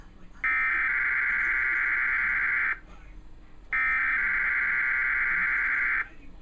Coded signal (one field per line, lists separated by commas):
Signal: Emergency Alert System (SAME) tones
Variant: header bursts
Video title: (EAS#38-40) TV Required Weekly Test